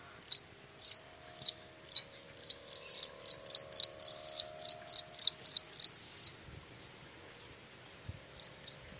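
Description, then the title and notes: Long-tailed shrike song: a fast series of sharp, high paired notes that quickens, then pauses near the end before two more notes. Morning singing; chatty, varied song of a long-tailed shrike, said to prompt other shrikes to answer at once and start singing their repertoire. "Cendet Gacor Dor Di Kala Pagi Toet Toet Variasi Suara. Cendet Gacor Pagi Hari Biangnya Bikin Cendet Manapun Langsung On Nyaut Buka Materi. Burung cendet"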